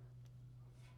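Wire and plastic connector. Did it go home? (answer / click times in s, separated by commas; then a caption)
no / none. A pre-stripped bare negative wire is being handled at a polarity-marked push-in connector for a power supply. A steady low hum runs throughout, with a faint, brief noise burst near 0.3 s and a soft hiss around 0.8 to 0.9 s. Nothing has seated or clicked yet.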